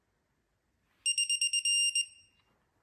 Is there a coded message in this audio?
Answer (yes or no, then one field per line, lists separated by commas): no